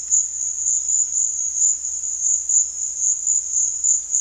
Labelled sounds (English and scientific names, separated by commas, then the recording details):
none
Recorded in dense forest near Puerto Asís, Putumayo, Colombia, on 18 February 2024 at 13:00
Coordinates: 0.485, -76.325
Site G6429